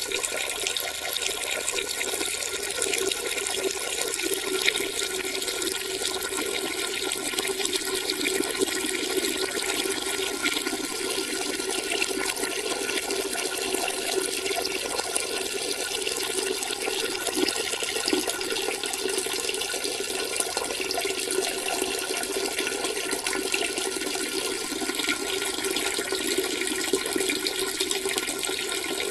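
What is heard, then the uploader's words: Urinating into water makes a steady, dense splashing trickle that holds unbroken for the whole clip, bright with little low end. Urinating.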